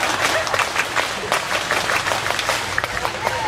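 A crowd claps the Pramuka scout clap pattern together for a few seconds on a speaker's call, a dense patter of hands with sharper accented claps breaking through at intervals, steady in loudness throughout.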